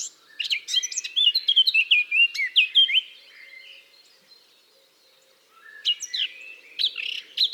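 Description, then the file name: Eurasian blackcap song: a fast, rich warbling phrase lasting about three seconds, a pause of nearly three seconds, then a second twittering phrase begins. "Sylvia atricapilla"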